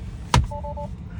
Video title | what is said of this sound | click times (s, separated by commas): Installation Guide for BunnyBird Tesla HD HUD | and once you hit the right spot you will hear the popping sound that means the clicks are engaged | 0.3 s